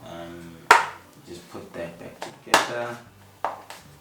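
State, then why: Seated. A plastic dust-collection box with its filter is reassembled and pushed back onto a Bosch PEX 300 random orbital sander while someone talks. Two sharp transients stand out near 0.7 s and 2.5 s, and a short, sharp click at 3.4 s marks the box snapping into place, seated.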